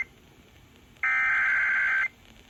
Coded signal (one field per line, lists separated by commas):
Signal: Emergency Alert System (SAME) tones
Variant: header bursts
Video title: What a way to start off July - EAS Alerts From 07/01/21 - EAS 262-288